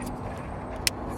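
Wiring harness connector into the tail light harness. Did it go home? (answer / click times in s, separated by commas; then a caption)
yes / 0.9 s. The smaller plastic wiring harness connector for HRS V2 rear bumper LED reflector lights on a 2018-2024 Toyota Camry is plugged into the tail light harness. A single sharp click at 0.9 s cuts through steady low background noise. The connector is seated.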